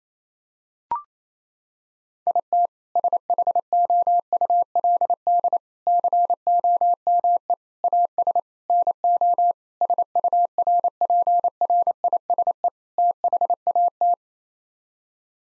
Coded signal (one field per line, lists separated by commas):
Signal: Morse code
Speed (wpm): 27 wpm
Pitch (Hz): 700 Hz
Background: none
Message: IT SHOULD COME AS NO SURPRISE THAT